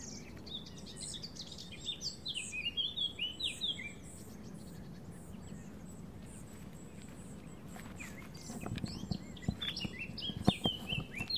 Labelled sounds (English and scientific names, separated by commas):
Spotted Flycatcher (Muscicapa striata) call